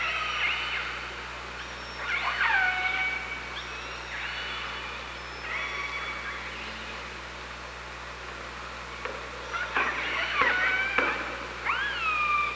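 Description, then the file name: Orca calls, a series of harmonic pulsed calls with upswept and downswept squeals, repeated several times with pauses, over constant underwater hiss and low hum. OrcaLab, 24 August 2017, 15:33. "Orca Lab 20170824 153315"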